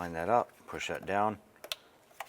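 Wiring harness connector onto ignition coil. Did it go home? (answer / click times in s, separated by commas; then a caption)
yes / 1.7 s. Someone talks while a wiring harness electrical connector is lined up and pushed down onto an ignition coil on a 2001-2005 Honda Civic. A sharp click at 1.7 s marks the connector locking into place, seated on the coil, with fainter ticks just before it and at 2.2 s.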